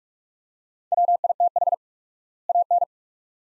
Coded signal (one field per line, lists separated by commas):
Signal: Morse code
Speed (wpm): 46 wpm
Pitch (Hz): 700 Hz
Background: none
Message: WITH AN